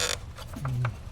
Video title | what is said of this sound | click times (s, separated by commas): Thermostat Replacement For Range Rover Sport, Full Size Or LR3 | hose and just sit down and just push into you hear that click now you know it's locked in positive | 0.6 s, 0.8 s